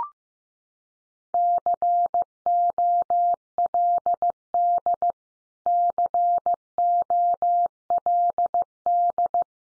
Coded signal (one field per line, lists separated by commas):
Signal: Morse code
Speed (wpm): 15 wpm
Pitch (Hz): 700 Hz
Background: none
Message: COLD COLD